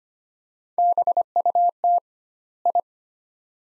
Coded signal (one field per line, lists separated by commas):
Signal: Morse code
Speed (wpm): 25 wpm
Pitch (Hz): 700 Hz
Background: none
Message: BUT I